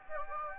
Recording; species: mosquito wingbeat signal from an infrared sensor; Anopheles gambiae